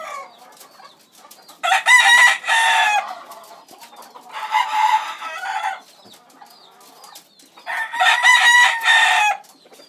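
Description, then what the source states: Chicken crowing, three long harmonic calls spaced a few seconds apart, the middle one weaker. In a coop.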